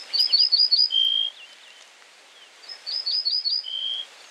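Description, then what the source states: Ortolan bunting song: two phrases, each of four or five high ringing notes followed by a lower, drawn-out note, with a short pause between phrases. Song shorter and more ringing than that of a similar-sounding close relative; very rare species.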